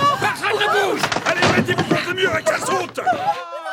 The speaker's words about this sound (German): Hörst du, wie sie die Tür aufbrechen? Die Polizisten unter Versteck überfallen?